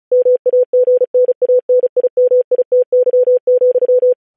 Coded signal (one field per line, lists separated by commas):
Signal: Morse code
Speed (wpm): 36 wpm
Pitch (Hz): 500 Hz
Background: none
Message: MAGNANIMITY,